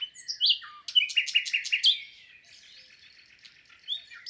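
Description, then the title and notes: Common nightingale singing rich varied phrases: a whistled opening, a burst of rapid repeated loud notes, then soft trilling continuing to the end. Singing in spring, 22 April 2020, Lesches-en-Diois, France; third recording since the birds' arrival, amid human silence; Nagra Seven with MKH8040 stereo. "LE TÉNOR DES LISIÈRES. 22 avril 2020-Lesches en diois. le chant du Rossignol Philomène (Luscinia megarhynchos)"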